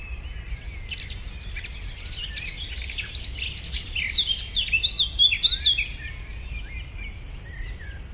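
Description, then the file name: Eurasian blackcap song: soft chatter, then a loud clear warbled phrase of quick whistled notes in the middle, fading back to quieter twitters. "Sylvia atricapilla"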